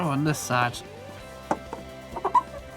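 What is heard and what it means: Someone talks briefly, then the second side of the plastic filter access cover over the drain coin filter on a Hotpoint Aqualtis washing machine is pushed up into the front panel. Small taps come at about 1.5 s and 1.7 s. The cover snaps home with a sharp click at 2.4 s and is seated.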